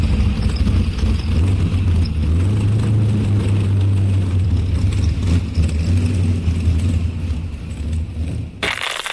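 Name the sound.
car engine revving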